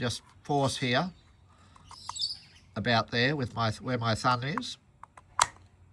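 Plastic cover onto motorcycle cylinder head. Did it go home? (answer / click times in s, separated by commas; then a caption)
yes / 5.0 s, 5.4 s. While refitting after a spark plug replacement on a 2008 BMW R1200GS, a plastic cover is pressed back onto the motorcycle cylinder head under a thumb as someone talks. Sharp clicks are heard at 5.0 s and 5.4 s as the cover clicks home, and it is seated and locked in place.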